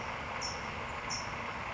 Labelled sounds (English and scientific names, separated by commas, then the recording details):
California Towhee (Melozone crissalis)
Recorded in Sonoma County, California